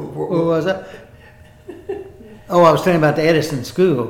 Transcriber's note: laughter